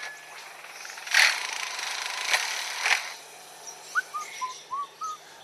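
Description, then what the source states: Lyrebird mimicry: hissing and scraping bursts like power tools, followed by a short run of clear whistled notes near the end. Lyrebird native to Australia that lived near a construction zone and learned to mimic the sounds heard there, producing an industrial racket.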